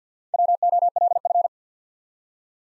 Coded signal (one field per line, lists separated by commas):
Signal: Morse code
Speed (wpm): 50 wpm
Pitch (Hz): 700 Hz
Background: none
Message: WOLF